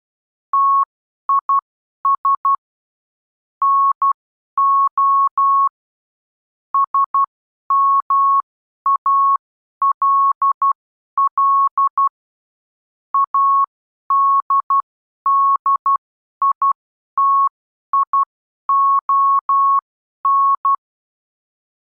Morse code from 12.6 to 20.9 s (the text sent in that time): ADDITION